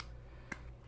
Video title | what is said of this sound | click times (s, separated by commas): The BEST Case for the ZTE Blade V8 PRO - ZTE Co-Mold Protective Case | is snaps in place really easy and it | 0.0 s, 0.5 s